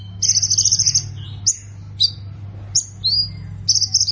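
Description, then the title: Plain prinia giving a buzzy, rattling trill followed by separate sharp high notes, over a continuous low hum. "Ciblek Sawah"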